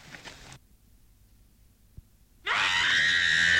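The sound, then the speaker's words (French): After a few seconds of near silence, a woman suddenly lets out a loud, sustained, high-pitched scream that carries through to the end. “Ça sert à rien de crier”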